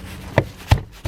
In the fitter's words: And that just gonna snap into place.